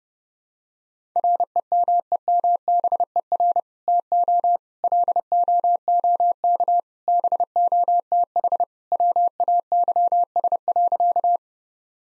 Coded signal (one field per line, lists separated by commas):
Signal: Morse code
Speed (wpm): 30 wpm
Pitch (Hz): 700 Hz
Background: none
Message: REMEMBER TO LOOK BOTH WAYS.